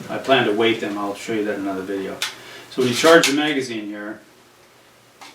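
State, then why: Seated. Someone talks, then a plastic, unweighted dummy training round is pushed into the magazine tube of an SRM1216 shotgun. It passes two clicks, with a sharp click at 5.2 s, and the round is seated in the magazine.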